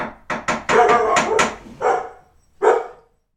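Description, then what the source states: Dog barking: a quick run of several sharp barks in the first second and a half, then two more spaced barks, each with a rough, yappy tone. Mixed-breed dog: toy poodle, Italian greyhound and chihuahua cross.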